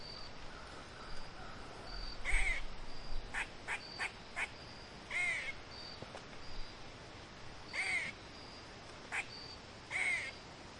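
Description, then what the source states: Squirrel fussing calls: harsh, scratchy bursts given in irregular bouts, some doubled, over a steady faint high ticking in the background. Squirrel fussing, October 13th 2015.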